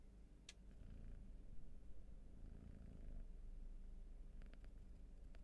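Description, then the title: Cat purring, a low steady rumble with faint pulsing, a few soft clicks and rustles on top. Purring; raw field recording. "Field Recs Purrathon RAW"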